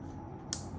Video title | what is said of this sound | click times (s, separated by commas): Pearl Bass Flute PFB-305BE Unboxing and Review | When you hear that click, that's when the case is locked. | 0.5 s